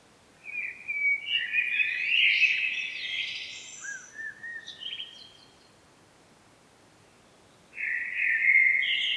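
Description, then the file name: Common blackbird song: a long mellow warble ending in squeaky twitters, a few soft low notes, a pause, then a new fluty phrase begins. "Turdus merula"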